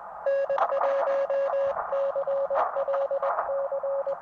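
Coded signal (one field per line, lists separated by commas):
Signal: Morse code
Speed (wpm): 21 wpm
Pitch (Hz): 560 Hz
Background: radio noise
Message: N1CLC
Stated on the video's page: Morse from a Summits On The Air expedition to Antelope Mountain.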